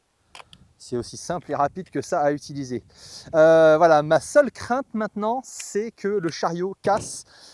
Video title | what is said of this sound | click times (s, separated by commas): Steambow B08 VS lanceur de paintball : le duel complètement fou ! 🎯 | En fait, il suffit d'appuyer là-dessus et hop, ça se clipse. | 0.4 s, 0.5 s